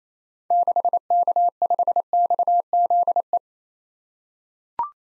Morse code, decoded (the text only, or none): 6K5XZE